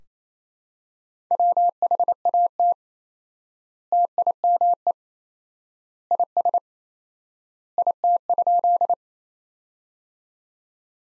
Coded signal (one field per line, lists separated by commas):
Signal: Morse code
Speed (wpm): 28 wpm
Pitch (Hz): 700 Hz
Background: none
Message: WHAT TIME IS IT?